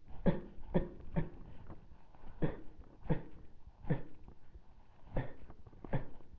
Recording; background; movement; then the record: voluntary coughing; quiet; sitting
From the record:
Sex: male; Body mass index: 23.7 kg/m2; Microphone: on the chest, facing the body